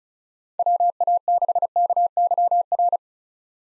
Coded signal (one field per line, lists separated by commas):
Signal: Morse code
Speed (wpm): 36 wpm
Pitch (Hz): 700 Hz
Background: none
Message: WA6KYR